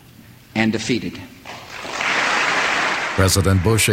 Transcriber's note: applause